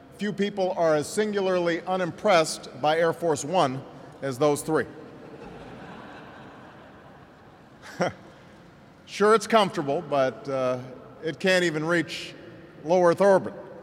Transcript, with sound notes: few people are as singularly unimpressed by Air Force One as those three. (Laughter.) Sure, it’s comfortable, but it can’t even reach low Earth orbit.